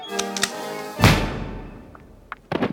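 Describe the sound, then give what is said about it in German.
A single sharp gunshot, fired on a dark promenade behind two women, cracks out loudly, then decays into a long fading rumble. Faint clicks and a brief scuffle follow near the end. “Auf der ziemlich dunklen Promenade ertönte plötzlich im Rücken der beiden Frauen ein Schuss.”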